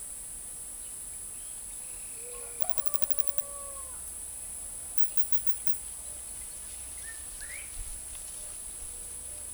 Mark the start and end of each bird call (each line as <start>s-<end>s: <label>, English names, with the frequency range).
6.98s-7.68s: Crested Bobwhite (1.4-2.6 kHz)